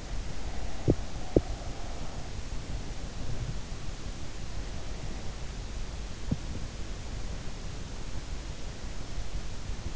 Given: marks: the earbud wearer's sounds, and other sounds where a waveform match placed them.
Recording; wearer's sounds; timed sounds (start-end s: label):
sounds in sleep by an in-ear microphone; breath, teeth grinding
0.00-2.25 s: breath
0.71-1.62 s: teeth grinding
6.19-6.45 s: teeth grinding